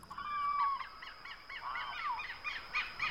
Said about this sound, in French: Puis maintenant, il fait jour. On entend des piaillements d'oiseaux, des rires d'enfants. On est sur une place,